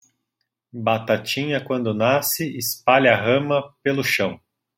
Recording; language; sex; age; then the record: short text; Brazilian Portuguese; male; 30 to 39 years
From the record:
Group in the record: control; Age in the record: 34 years